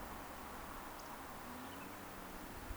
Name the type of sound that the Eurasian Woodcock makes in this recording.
whistle